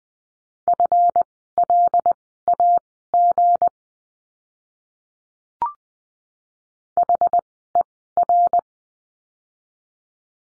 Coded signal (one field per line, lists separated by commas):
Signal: Morse code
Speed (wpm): 20 wpm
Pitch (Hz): 700 Hz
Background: none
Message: FLAG HER